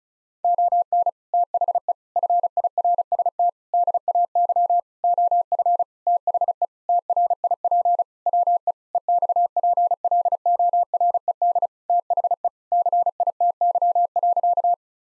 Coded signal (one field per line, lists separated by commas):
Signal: Morse code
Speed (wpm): 36 wpm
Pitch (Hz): 700 Hz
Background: none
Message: ON THE FIRST DAY OF THE TRIP WE EXPLORED THE CITY.